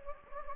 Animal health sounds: mosquito wingbeat signal from an infrared sensor; Anopheles gambiae

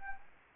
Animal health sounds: mosquito wingbeat signal from an infrared sensor; Anopheles arabiensis

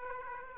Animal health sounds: mosquito wingbeat signal from an infrared sensor; Aedes aegypti

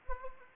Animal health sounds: mosquito wingbeat signal from an infrared sensor; Anopheles arabiensis

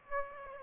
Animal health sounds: mosquito wingbeat signal from an infrared sensor; Aedes aegypti

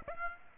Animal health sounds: mosquito wingbeat signal from an infrared sensor; Aedes aegypti

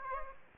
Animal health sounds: mosquito wingbeat signal from an infrared sensor; Aedes aegypti

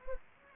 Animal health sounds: mosquito wingbeat signal from an infrared sensor; Anopheles gambiae

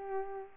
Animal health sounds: mosquito wingbeat signal from an infrared sensor; Culex pipiens

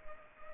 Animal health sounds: mosquito wingbeat signal from an infrared sensor; Culex pipiens

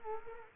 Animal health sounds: mosquito wingbeat signal from an infrared sensor; Culex quinquefasciatus

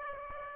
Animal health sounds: mosquito wingbeat signal from an infrared sensor; Aedes aegypti

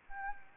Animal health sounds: mosquito wingbeat signal from an infrared sensor; Anopheles arabiensis

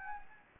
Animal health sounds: mosquito wingbeat signal from an infrared sensor; Anopheles gambiae

